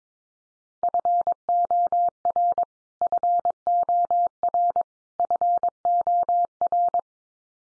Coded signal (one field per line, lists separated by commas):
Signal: Morse code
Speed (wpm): 22 wpm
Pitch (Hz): 700 Hz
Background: none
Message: FOR FOR FOR